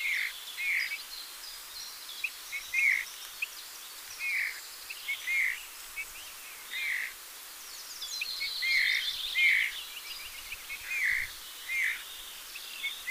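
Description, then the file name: Eurasian bullfinch calls: gentle piping whistles repeated in a loose series, accompanied by steady high chirping and chattering of other birds. "Pyrrhula pyrrhula"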